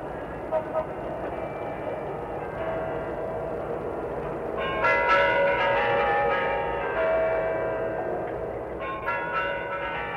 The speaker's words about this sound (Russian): Кофе уже выпили по способности, то есть полулежа или скрючившись, зажавшись между стойками, и котлеты были уже уничтожены, когда репродуктор наполнил лодку родным и знакомым шумом Красной площади.